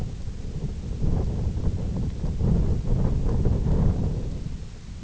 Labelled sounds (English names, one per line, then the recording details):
none
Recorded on Arctic tundra, site IGLO-F, on 20 June 2018
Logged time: 16:00